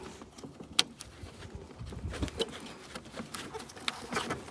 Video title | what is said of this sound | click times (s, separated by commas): 2006 BMW 530xi (E60/E61) - HID Headlight Bulb Replacement | And next is this other connector, which just pushes into place until it clicks into place. | 0.8 s